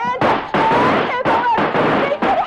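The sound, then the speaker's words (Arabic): A rapid string of loud gunshots in an Egyptian radio drama, about five or six sharp cracks at an uneven pace, each ringing out briefly, with raised voices faintly audible underneath. “احسن رصاص الكلب ده يجي فيكي.”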